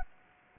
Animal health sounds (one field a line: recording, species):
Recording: mosquito wingbeat signal from an infrared sensor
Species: Anopheles gambiae